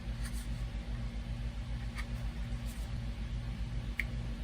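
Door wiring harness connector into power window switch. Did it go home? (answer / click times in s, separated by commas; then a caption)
yes / 4.0 s. The door wiring harness connector is pushed into a replacement plastic power window switch in the door of a RAM Promaster van, over a steady low hum with faint rustling handling sounds. A single sharp click at 4.0 s marks the connector seating properly in the switch.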